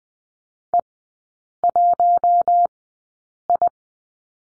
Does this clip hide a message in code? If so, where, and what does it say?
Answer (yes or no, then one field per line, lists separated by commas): yes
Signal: Morse code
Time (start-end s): 0.7-3.7 s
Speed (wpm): 20 wpm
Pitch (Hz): 700 Hz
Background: none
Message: E1I